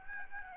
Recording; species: mosquito wingbeat signal from an infrared sensor; Aedes albopictus